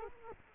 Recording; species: mosquito wingbeat signal from an infrared sensor; Culex quinquefasciatus